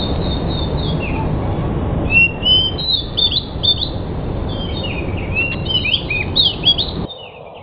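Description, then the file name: Pied bush chat song, a steady flow of short whistled and scratchy notes, some sliding up or down, continuing for about seven seconds over a constant hiss. Decu described as 'sudah jadi', meaning a finished, fully trained singer. "suara burung decu sudah jadi. omkicau"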